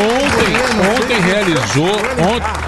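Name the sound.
audience applause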